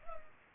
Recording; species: mosquito wingbeat signal from an infrared sensor; Culex pipiens